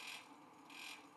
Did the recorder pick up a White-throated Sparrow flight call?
no